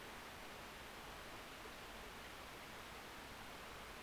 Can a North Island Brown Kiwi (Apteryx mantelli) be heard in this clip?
no